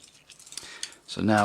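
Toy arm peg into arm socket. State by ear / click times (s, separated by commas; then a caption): seated / 0.6 s, 0.8 s. A plastic arm piece with a peg is brought in and locked into the arm socket on the body of the Brave of Legend Da-Garn Land Bison combiner robot toy, with light plastic rattling and handling as it is lined up. Two sharp clicks at 0.6 s and 0.8 s mark the peg locking into the socket, and the arm is seated. Someone then begins to talk.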